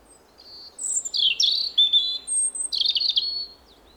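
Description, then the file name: European robin singing a high, thin phrase of sweet whistles and trills that slide up and down in pitch, run together for about three seconds, with faint background hiss. Possibly recorded on 18 September 2024. "Erithacus rubecula 240918"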